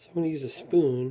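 A microSD memory card is being handled at the spring-loaded card slot of an Old Shark 3" 1080P 170-degree wide-angle dashboard dash cam, with a spoon tip about to be used to push it in. Someone talks throughout the clip. Nothing has seated or clicked yet.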